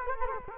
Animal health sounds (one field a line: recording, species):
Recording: mosquito wingbeat signal from an infrared sensor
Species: Culex quinquefasciatus